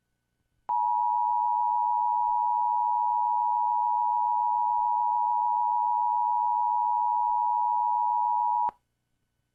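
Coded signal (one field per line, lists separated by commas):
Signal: Emergency Alert System (SAME) tones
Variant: 853 and 960 Hz attention tone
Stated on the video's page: Mock severe thunderstorm warning for Guam; may be inaccurate.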